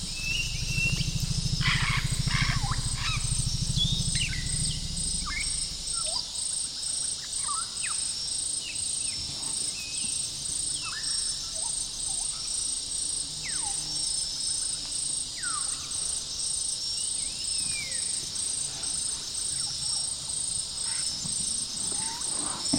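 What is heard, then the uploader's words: A forest elephant moves close in a young rainforest at evening, its deep, heavy rumble filling the first five or six seconds before fading to a faint low murmur. A dense, steady wall of pulsing insects rings high above, with scattered short chirps throughout. Gabon - Young Rainforest - Evening - Big Mammal Around Mics. Forest elephant getting a bit too close to my rig, somewhere in Central Gabon.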